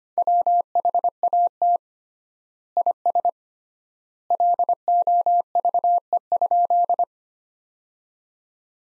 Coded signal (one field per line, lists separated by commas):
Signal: Morse code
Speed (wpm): 25 wpm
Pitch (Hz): 700 Hz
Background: none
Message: WHAT IS LOVE?